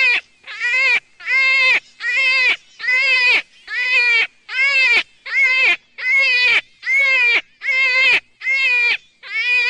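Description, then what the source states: Jackrabbit crying in a steady, regular series of loud, harmonic squeals, each about half a second, repeated a little faster than once a second. Juvenile.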